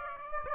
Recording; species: mosquito wingbeat signal from an infrared sensor; Aedes aegypti